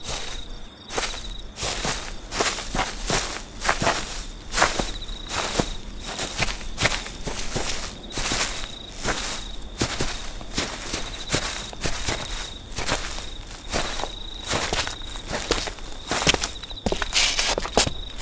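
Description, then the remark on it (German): Steady footsteps pace out a counted sequence of steps north, east, south and west in the castle park of Schloss Hurlstone, each step a crisp, crunchy scuff in an even rhythm, with a thin, constant high insect trill running underneath throughout. “Ich war der Überzeugung, dass uns die Schrittfolgen tiefer in den Schlosspark führen.”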